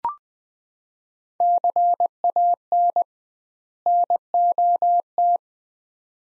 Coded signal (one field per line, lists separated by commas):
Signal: Morse code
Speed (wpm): 20 wpm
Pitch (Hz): 700 Hz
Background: none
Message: CAN NOT